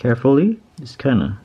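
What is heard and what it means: A front-panel flex cable connector from an iPhone 6 Plus screen is being handled and lined up over the phone's logic board socket as someone talks. Nothing has seated or clicked yet; the connector has not snapped into place by the end of the clip.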